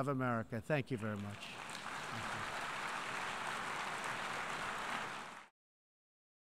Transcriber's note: applause